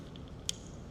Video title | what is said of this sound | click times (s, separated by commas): St. Louis Woodworkers Guild Meeting, August 15, 2024 | you can hear a clicking sound | 0.5 s